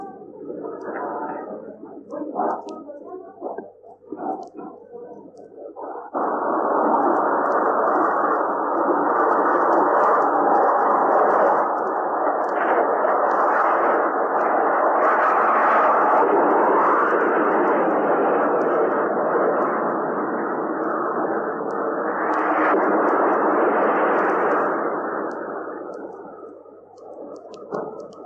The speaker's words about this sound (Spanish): Cuando faltan 5 minutos para las 11, para las 12, para el mediodía, aviones de combate Hawker Hunter están sobrevolando la ciudad.